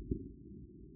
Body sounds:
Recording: neck accelerometer signal played as sound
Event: no cough (speech, laughter, throat clearing or background)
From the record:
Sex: male

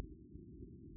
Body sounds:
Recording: neck accelerometer signal played as sound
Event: no cough (speech, laughter, throat clearing or background)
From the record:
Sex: female

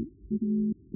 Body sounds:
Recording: neck accelerometer signal played as sound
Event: no cough (speech, laughter, throat clearing or background)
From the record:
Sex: male

